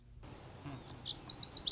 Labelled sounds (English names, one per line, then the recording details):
Lazuli Bunting
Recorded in Sonoma County, California